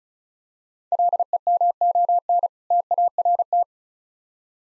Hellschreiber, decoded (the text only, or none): none